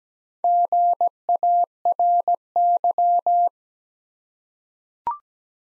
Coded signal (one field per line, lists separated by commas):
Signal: Morse code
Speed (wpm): 17 wpm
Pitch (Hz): 700 Hz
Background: none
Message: GARY